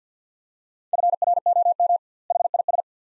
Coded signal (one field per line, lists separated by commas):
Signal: Morse code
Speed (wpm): 50 wpm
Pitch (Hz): 700 Hz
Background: none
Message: FROM HIS